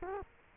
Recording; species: mosquito wingbeat signal from an infrared sensor; Culex quinquefasciatus